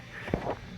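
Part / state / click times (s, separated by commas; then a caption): cabin air filter cover into HVAC housing / seated / 0.3 s. After a new cabin filter is inserted, the plastic filter cover is pushed back into the HVAC housing behind the glove box. A single sharp click at 0.3 s marks the cover locking in, followed by a softer rustle around 0.5 s. The cover is seated and locked.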